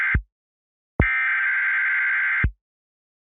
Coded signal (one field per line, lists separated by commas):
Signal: Emergency Alert System (SAME) tones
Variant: header bursts